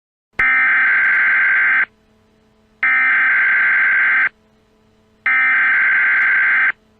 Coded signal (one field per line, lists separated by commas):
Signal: Emergency Alert System (SAME) tones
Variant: header bursts